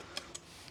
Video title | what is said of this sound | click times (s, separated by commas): The Hardest Wagon Ep 5 - How we built a support vehicle for the Hardest Geezer | it clicks into place and then that will stand off and | 0.4 s